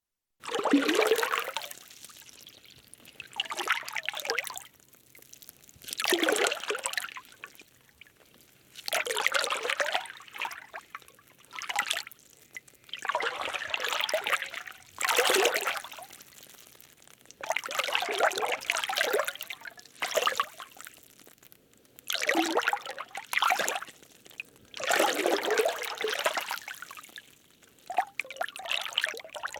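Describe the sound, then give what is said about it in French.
River water trickles and splashes in repeated surges under bright sunshine, each swelling for a second or two and then easing off. The hiss is bright and fairly loud, and no voices are heard. “la rivière, très bleue, se pailletait d'étincelles sous le soleil triomphant.”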